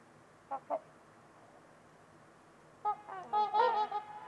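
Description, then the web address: Trumpeter swan honking calls, two short honks, a quiet gap, then a loud overlapping burst of trumpeting. Several trumpeter swans at Winters Lake on a winter evening, in a deep, quiet valley with distant white noise. "Trumpeter Swans on a Winter's Eve. Nick-Mc Mahan Winters-Lake-with-Swan. Wind Is the Original Radio"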